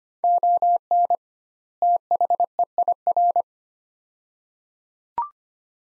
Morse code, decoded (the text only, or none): ON THEIR